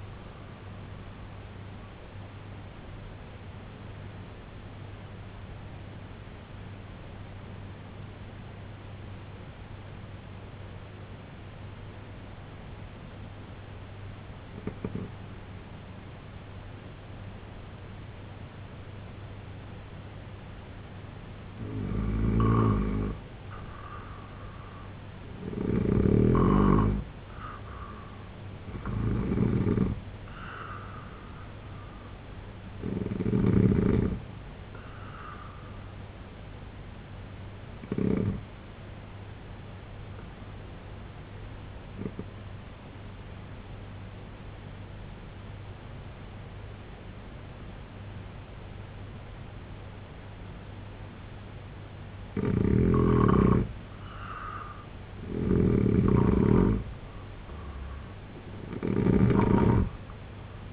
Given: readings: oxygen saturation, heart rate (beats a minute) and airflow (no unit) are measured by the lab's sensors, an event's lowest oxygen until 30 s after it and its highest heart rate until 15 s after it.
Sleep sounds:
breathing in sleep by a voice recorder at the bedside; 2
7.00-22.40 s: obstructive apnea (N1, oxygen 95% highest, then 85% lowest, heart rate 67 at the start, 86 highest)
41.00-54.50 s: obstructive apnea (N1, oxygen 93% highest, then 86% lowest, heart rate 68 at the start, 94 highest)
From the record:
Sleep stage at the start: N1 (lightest sleep); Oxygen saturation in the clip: 85 to 95%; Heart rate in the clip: 64 to 86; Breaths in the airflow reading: 7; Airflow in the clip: -4.4 to 6.7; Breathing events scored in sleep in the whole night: 258 in 7.4 hours asleep

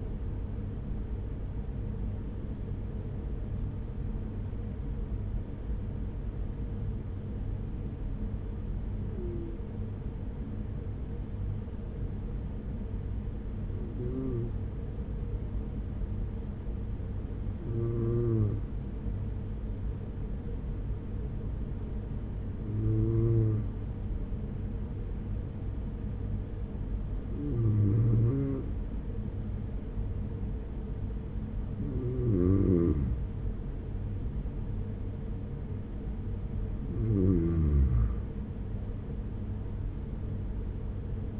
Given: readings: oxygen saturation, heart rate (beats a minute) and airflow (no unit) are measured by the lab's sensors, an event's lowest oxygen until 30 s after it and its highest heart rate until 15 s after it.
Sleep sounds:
breathing in sleep by a smartphone at the bedside; 1
4.00-34.70 s: hypopnea (N1, oxygen 95% highest, then 92% lowest, heart rate 45 at the start, 48 highest)
From the record:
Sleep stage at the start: N1 (lightest sleep); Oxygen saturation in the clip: 93 to 95%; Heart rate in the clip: 44 to 46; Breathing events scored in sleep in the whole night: 210 in 6.9 hours asleep

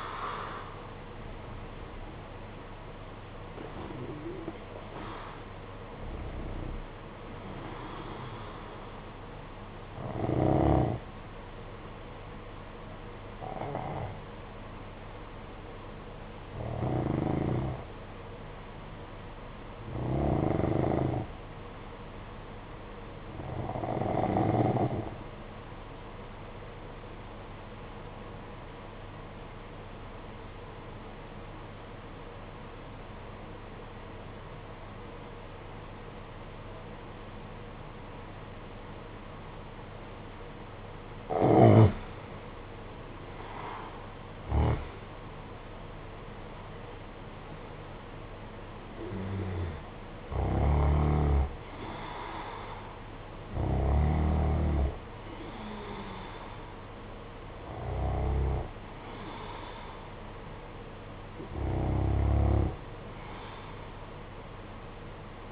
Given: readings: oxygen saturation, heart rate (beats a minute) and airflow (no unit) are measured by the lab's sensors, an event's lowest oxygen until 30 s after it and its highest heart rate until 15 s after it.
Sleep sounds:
breathing in sleep by a voice recorder at the bedside; 1
28.00-48.40 s: obstructive apnea (N1, oxygen 95% highest, then 83% lowest, heart rate 55 at the start, 65 highest)
From the record:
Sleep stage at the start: N1 (lightest sleep); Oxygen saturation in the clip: 83 to 96%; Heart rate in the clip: 51 to 65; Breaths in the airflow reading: 11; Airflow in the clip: -10.8 to 13.8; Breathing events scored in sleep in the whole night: 476 in 9.7 hours asleep

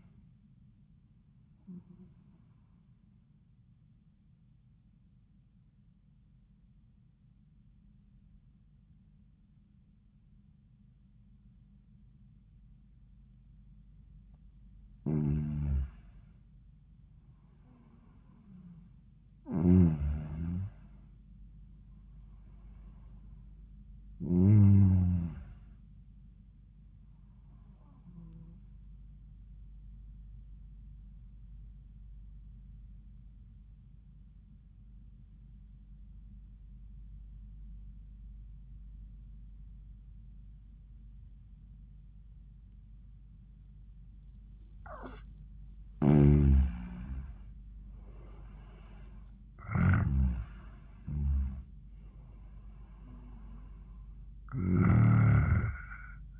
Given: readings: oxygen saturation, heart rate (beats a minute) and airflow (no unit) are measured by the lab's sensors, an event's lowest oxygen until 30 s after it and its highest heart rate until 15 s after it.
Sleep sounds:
breathing in sleep by a smartphone at the bedside; 2
6.00-16.50 s: obstructive apnea (N1, oxygen 95% highest, then 90% lowest, heart rate 79 at the start, 90 highest)
31.00-45.30 s: obstructive apnea (N1, oxygen 96% highest, then 87% lowest, heart rate 76 at the start, 90 highest)
From the record:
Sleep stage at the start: N1 (lightest sleep); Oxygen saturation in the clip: 89 to 96%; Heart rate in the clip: 76 to 90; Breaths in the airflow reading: 6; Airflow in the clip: -19.0 to 22.0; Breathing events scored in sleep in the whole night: 400 in 8.7 hours asleep

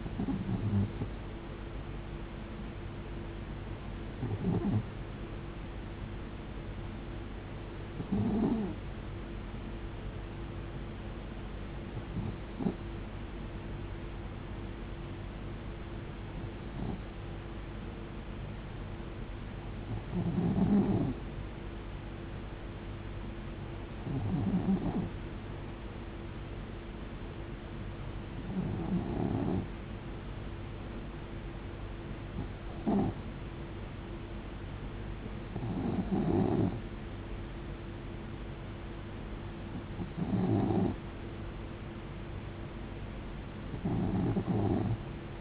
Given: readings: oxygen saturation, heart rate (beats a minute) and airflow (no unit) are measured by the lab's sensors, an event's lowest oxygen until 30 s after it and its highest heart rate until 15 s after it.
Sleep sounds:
breathing in sleep by a voice recorder at the bedside; none
none scored
From the record:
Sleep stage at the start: N2 (light sleep); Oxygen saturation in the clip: 91 to 93%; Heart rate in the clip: 66 to 76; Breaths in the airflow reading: 11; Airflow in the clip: -6.9 to 4.5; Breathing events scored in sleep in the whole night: 389 in 6.3 hours asleep

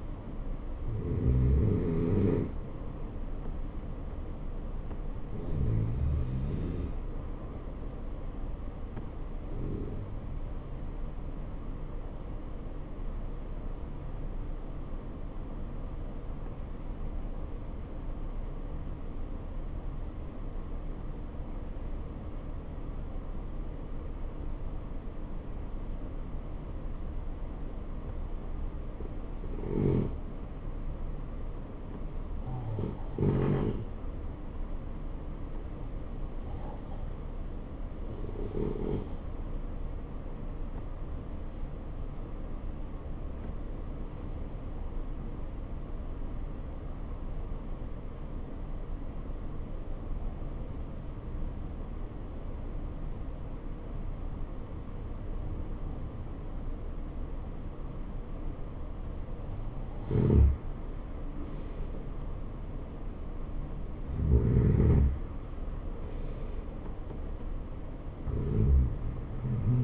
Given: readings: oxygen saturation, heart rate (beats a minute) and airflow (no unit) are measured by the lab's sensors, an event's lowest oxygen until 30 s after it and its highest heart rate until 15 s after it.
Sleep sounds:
breathing in sleep by a smartphone at the bedside; 1
7.00-59.90 s: hypopnea (N2, oxygen 93% highest, then 81% lowest, heart rate 71 at the start, 74 highest)
From the record:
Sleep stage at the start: N2 (light sleep); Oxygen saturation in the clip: 76 to 93%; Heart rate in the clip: 62 to 74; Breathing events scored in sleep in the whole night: 277 in 7.4 hours asleep

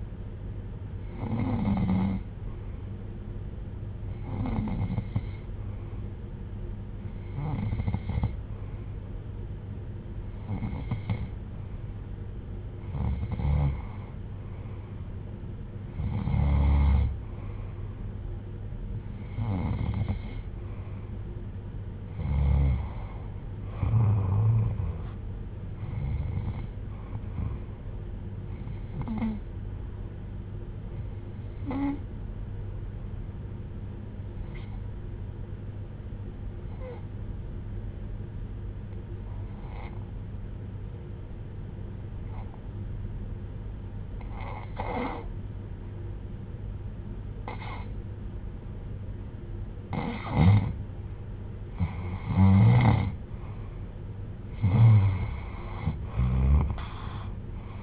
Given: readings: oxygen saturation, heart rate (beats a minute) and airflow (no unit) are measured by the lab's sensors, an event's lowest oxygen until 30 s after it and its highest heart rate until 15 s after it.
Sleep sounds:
breathing in sleep by a smartphone at the bedside; 1
28.00-50.30 s: hypopnea (N2, oxygen 94% highest, then 82% lowest, heart rate 67 at the start, 71 highest)
From the record:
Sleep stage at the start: N2 (light sleep); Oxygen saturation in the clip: 86 to 94%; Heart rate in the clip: 36 to 71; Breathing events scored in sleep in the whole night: 310 in 8.1 hours asleep

